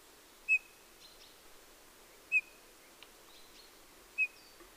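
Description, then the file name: Eurasian bullfinch calls, three soft piping whistles evenly spaced just under two seconds apart over a faint background hiss. "Pyrrhula pyrrhula"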